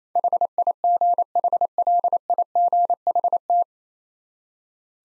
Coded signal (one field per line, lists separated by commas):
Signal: Morse code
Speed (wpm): 28 wpm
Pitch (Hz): 700 Hz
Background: none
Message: HIGHLIGHT